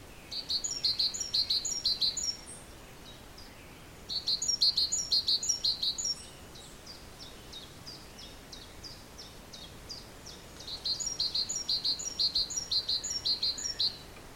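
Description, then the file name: Great tit song: three bursts of ringing two-syllable phrases, lasting about two, two and three seconds, with faint scattered notes and steady hiss in the gaps. "Parus major"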